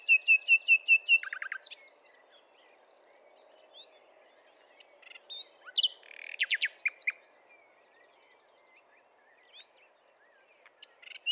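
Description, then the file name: Common nightingale song: an opening run of rapidly repeated sharp notes, then quieter scattered phrases and a second short burst of emphatic notes. "Luscinia megarhynchos"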